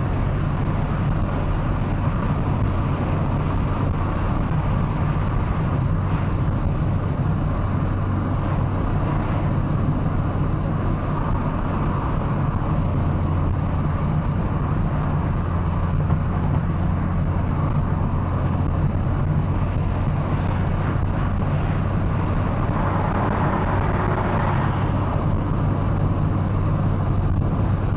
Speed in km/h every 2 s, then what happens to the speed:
99, 100, 106, 109, 109, 107, 101, 99, 94, 88, 84, 98, 111, 112.
0-8 speeds up to 109. 8-20 slows to 84. 20-24 speeds up to 111.